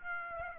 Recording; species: mosquito wingbeat signal from an infrared sensor; Aedes aegypti